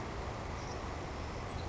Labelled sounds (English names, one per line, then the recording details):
Savannah Sparrow
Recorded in Sonoma County, California